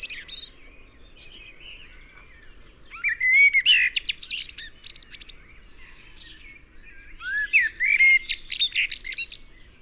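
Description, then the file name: Eurasian blackbird singing a mellow warbled phrase that breaks into a rapid high scratchy flourish, then a second similar phrase after a short gap; soft birds in the background. "Turdus merula"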